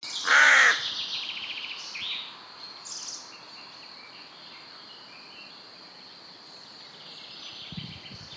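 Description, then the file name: Carrion crow giving a single loud, raspy caw at the outset, followed by a few softer, higher calls. "Corvus corone"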